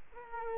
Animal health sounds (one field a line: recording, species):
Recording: mosquito wingbeat signal from an infrared sensor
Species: Culex quinquefasciatus